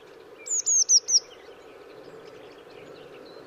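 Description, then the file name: Eurasian blue tit calling: four thin, very high, down-slurred notes in quick succession, then a pause before another note starts at the end, over a steady low hum. "Cyanistes caeruleus"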